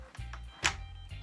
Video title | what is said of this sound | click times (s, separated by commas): How to safely use a Circular Saw (skill saw) for beginners. (Diy Tool School Episode #2) | I hear that click | 0.7 s